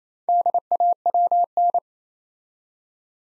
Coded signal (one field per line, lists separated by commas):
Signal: Morse code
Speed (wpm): 28 wpm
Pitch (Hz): 700 Hz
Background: none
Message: DAWN